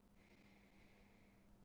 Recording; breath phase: one breath near a microphone; inhalation